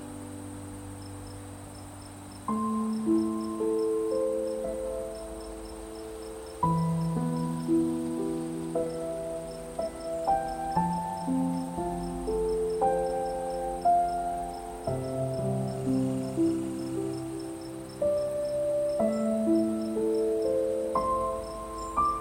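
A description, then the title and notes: Soft piano plays slow, sustained chords and gentle melody notes, with new chords entering about every few seconds and ringing on. Behind it, crickets chirp steadily in a high, thin pulsing layer throughout, with a faint constant hiss of night air. Night Nature Sounds_ Soft Crickets, Beautiful Piano.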